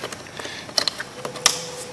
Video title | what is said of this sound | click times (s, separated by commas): Jet ModuleInstallJeep | then we're going to go ahead and click some of these connectors he that nice good click | 0.8 s, 1.5 s